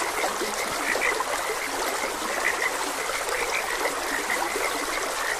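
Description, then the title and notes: Frogs croak in scattered bright notes, a few standing out louder, over constant streaming water. Frogs croaking beside a gentle stream. "Frogs Croaking. Sleep and Relaxation Podcast"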